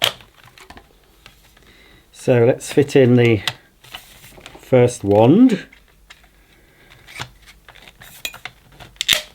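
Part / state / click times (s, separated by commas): plastic extension wand into carpet cleaner hose handle / seated / 9.0 s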